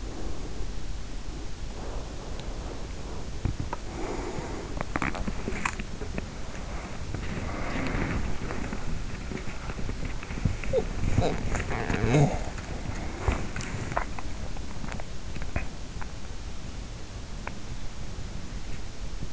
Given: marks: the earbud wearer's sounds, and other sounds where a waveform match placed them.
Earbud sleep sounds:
sounds in sleep by an in-ear microphone; breath, body movement, talking in sleep, swallowing
0.00-1.58 s: breath
1.90-19.33 s: body movement
10.59-12.50 s: talking in sleep
13.83-14.46 s: swallowing

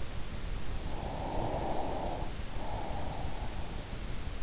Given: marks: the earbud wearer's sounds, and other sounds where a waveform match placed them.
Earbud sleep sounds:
sounds in sleep by an in-ear microphone; breath
0.53-3.89 s: breath

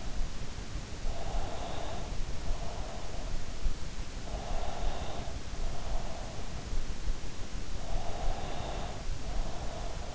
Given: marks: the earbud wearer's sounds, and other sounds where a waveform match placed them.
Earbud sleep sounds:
sounds in sleep by an in-ear microphone; breath
0.95-3.01 s: breath
4.38-6.55 s: breath
7.86-10.15 s: breath

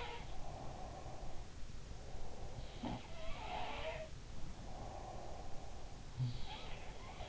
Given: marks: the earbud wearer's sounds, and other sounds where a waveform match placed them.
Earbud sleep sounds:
sounds in sleep by an in-ear microphone; breath
0.00-0.95 s: sound from someone else or the room
0.33-2.93 s: breath
2.64-4.85 s: sound from someone else or the room
4.46-7.28 s: breath
6.05-7.28 s: sound from someone else or the room

